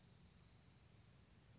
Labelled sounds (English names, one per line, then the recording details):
Dark-eyed Junco
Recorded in Sonoma County, California